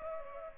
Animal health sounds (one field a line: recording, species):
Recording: mosquito wingbeat signal from an infrared sensor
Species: Culex pipiens